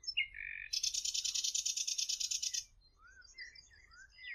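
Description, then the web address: Bird song of a short chirp and a brief note, then a sustained buzzy rattling trill lasting about two seconds, trailing off into faint high whistles over low rumble. "Bird Only"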